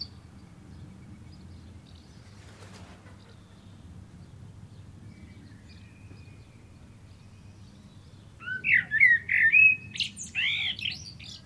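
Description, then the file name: Common blackbird: long quiet stretch before a common blackbird bursts into a mellow warbled phrase ending in high, scratchy squeaks. "Turdus merula"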